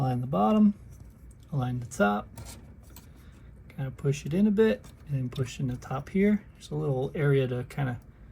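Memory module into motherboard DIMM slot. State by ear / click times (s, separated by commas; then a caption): not seated / none. A G.SKILL Ripjaws DDR4 memory stick is aligned at the bottom and top and pushed partway into a motherboard DIMM slot while someone talks, with a faint short tick near 3.0 s. The module has not seated or clicked into the slot's retention latch yet.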